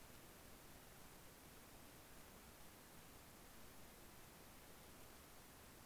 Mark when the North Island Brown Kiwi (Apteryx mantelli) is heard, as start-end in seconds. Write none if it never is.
none